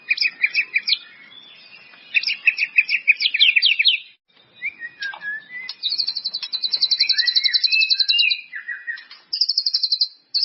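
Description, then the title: White-rumped Shama singing varied whistled phrases and long rapid high trills, with short slurred notes between bursts. "murai batu"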